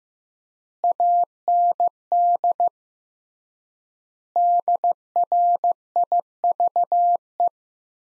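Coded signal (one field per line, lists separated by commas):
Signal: Morse code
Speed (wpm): 16 wpm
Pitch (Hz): 700 Hz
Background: none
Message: AND DRIVE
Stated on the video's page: Practice sentences from the top 500 words at 15 WPM with 3x word spacing, a Farnsworth-like method applied to words.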